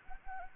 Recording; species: mosquito wingbeat signal from an infrared sensor; Anopheles gambiae